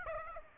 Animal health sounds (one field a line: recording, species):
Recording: mosquito wingbeat signal from an infrared sensor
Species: Aedes aegypti